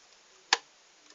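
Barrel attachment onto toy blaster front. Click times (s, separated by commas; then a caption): 0.5 s. A plastic barrel extension from a Nerf Modulus Stealth Ops Upgrade Kit is pushed onto the front of a toy foam blaster, giving one sharp click at 0.5 s against a quiet background, with a faint small sound near 1.1 s. The barrel is seated in place and will not come off.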